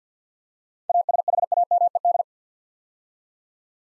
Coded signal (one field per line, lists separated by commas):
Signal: Morse code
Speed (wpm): 52 wpm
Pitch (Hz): 700 Hz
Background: none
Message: ASHAMED